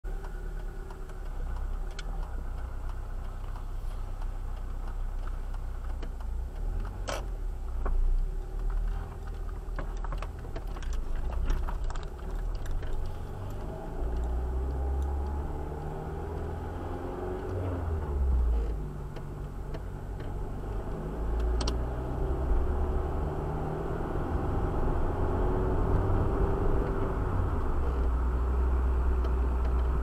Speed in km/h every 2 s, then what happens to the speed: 3, 2, 4, 2, 3, 9, 10, 17, 23, 21, 20, 30, 38, 41, 39.
0-5 steady at about 3. 5-7 standing. 7-16 pulls away to 23. 20-25 speeds up to 41.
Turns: none.